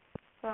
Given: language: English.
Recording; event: throat vibration sensor signal played as sound; speech